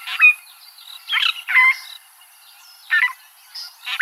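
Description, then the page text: Fork-tailed drongo giving harsh, buzzy notes with a thin slurred whistle, irregularly spaced with short silences and a longer pause midway. "Sonnerie Fork Tailed Drongo sur MELOBOOM"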